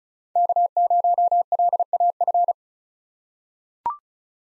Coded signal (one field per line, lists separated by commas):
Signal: Morse code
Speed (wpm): 34 wpm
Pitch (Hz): 700 Hz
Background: none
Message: K0LAF